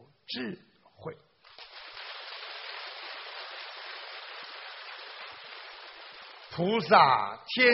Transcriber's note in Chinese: 掌声